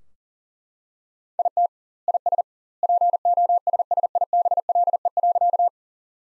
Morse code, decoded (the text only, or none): IT IS POSSIBLE.